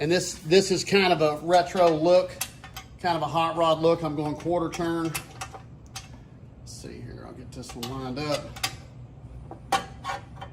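Someone talks while lining up the quarter-turn fastener of an aftermarket Half Evil Customs side cover for a Kawasaki Z1R motorcycle with its frame mount. Short handling taps come through around 5.4, 6.0, 9.5 and 10.4 seconds. The clip ends before the fastener is turned home, so nothing has seated or clicked yet.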